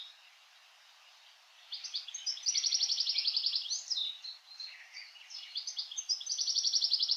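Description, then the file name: European goldfinch calling in a lively twitter of liquid, tinkling notes mixed with fast buzzy trills. The calls begin after nearly two quiet seconds and run on. "Carduelis carduelis"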